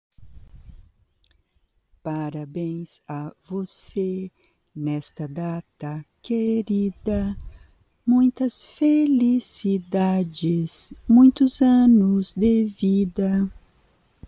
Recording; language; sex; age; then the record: short text; Brazilian Portuguese; female; 50 to 59 years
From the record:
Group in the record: control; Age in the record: 59 years